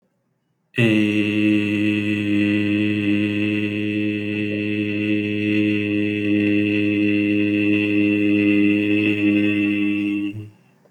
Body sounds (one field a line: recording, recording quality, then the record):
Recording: sustained vowel as in made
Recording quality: excellent, no background noise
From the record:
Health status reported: healthy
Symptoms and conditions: none ticked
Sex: male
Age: 42 years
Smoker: not ticked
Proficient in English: yes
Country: India